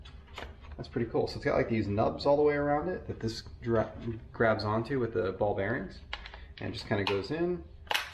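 A backing plate adapter is being pushed into the quick-connect head of a cordless 3-inch polisher, where ball bearings grab the nubs around the adapter, while someone talks throughout. Brief sharp transients sound near the start and at the very end, but the clip ends before the part goes home, and nothing has seated or clicked yet.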